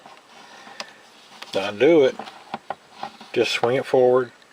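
Someone talks while handling the plastic blade of a toy saber in its hilt, with a few short, sharp handling knocks and taps between the words. Nothing has seated or clicked yet.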